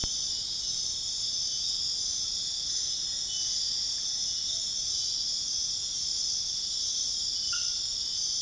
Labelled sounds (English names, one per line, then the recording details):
none
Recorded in dense forest near Puerto Asís, Putumayo, Colombia, on 18 February 2024 at 00:00
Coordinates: 0.502, -76.324
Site G6370